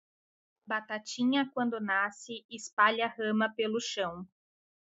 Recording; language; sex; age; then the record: short text; Brazilian Portuguese; female; 20 to 29 years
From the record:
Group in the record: control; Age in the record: 28 years